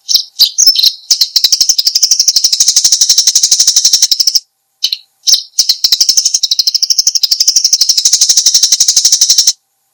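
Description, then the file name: Eurasian tree sparrow calls: a few sharp chirps open, then long unbroken trains of quick high chirps, with a short pause near the middle and a silent end. "suara burung gereja"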